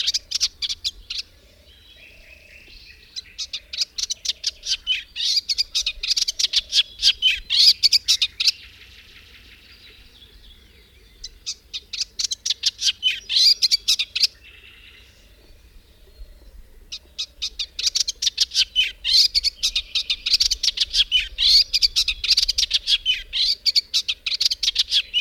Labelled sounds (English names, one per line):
Eastern Olivaceous Warbler song